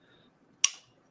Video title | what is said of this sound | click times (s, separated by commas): Fragrance Talk Friday: TLTG LIVE CHAT | Hear the click of the cap. | 0.6 s